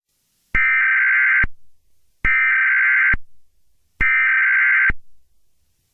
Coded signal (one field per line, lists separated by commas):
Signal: Emergency Alert System (SAME) tones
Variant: header bursts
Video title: EAS Scenario #13: T-Rex Rampage & Escape